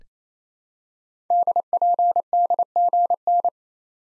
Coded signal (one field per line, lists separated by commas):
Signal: Morse code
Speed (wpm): 27 wpm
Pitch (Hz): 700 Hz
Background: none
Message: DPDGN